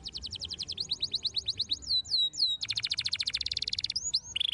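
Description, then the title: Canary song: a rapid run of repeated notes that slows into looping whistles, then bursts into a dense, fast trill followed by a few curving notes. Domestic Belgian canary song, played to stimulate young canaries into becoming active and singing vigorously. "Canto Para Esquentar Canário Belga. RANGSANGAN SUARA BURUNG KENARI GACOR - BIKIN KENARI MUDA JADI AKTIF BUNYI DAN BERKICAU"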